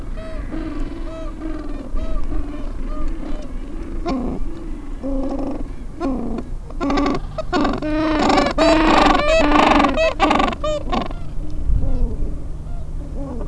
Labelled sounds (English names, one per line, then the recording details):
Gentoo Penguin
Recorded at the colony at Yankee Harbour, Antarctica, on 7 December 2015
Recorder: Song Meter SM2+